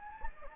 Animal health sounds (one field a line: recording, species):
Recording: mosquito wingbeat signal from an infrared sensor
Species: Anopheles gambiae